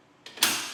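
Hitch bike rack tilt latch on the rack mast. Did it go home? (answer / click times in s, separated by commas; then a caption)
yes / 0.4 s. A Benton Shifts&Grins B54FR two-bike hitch rack on a 2021 Nissan Murano is swung from its tilted position back up to the seated position by pushing on the loaded bike. A short creak of the mechanism at 0.3 s is followed by a loud metal click at 0.4 s as the tilt latch on the rack mast locks. The rack is seated.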